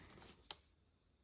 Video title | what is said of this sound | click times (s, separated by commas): Transformers Blokees Galaxy Wave 8 Unboxing & Full Breakdown! | that's Yep, there it clicked in. | 0.5 s